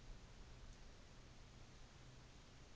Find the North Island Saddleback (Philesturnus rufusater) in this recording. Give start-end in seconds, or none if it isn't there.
none